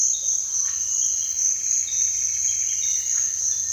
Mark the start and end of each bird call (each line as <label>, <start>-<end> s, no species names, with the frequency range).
bird call (1.0-2.9 kHz), 1.26-3.19 s